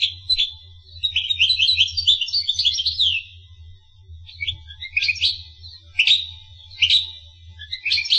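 Finch song: a rapid twittering phrase, then spaced short bursts of high chirps, with a constant low hum beneath.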